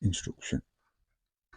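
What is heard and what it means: Someone talks briefly while handling a plastic interior liner that is being fitted to a die-cast DB5 scale model car body, where it must sit in the right position so the screws will line up. After a pause, there is a brief faint sound at about 1.5 s. Nothing has seated or clicked yet.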